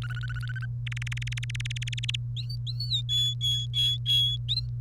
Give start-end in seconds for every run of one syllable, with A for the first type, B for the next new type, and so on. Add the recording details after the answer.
0.02-0.65 A, 0.86-2.16 B, 2.37-3.01 C, 3.09-4.37 D, 4.49-4.60 C. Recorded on 30 April 2018 at 15:29. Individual llb3